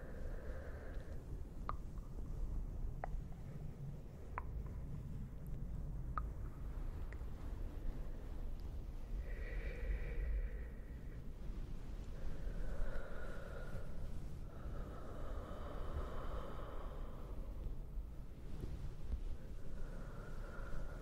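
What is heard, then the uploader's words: A dense, steady low rumble fills the whole stretch with fluffy, muffled rubbing, like a towel being handled, and a faint ringing echo. A few sharp ticks land in the first seven seconds, and soft tonal swells rise and fade from about ten seconds onward. ASMR no talking towel and fluffy CAVE SOUNDS (delicate echo).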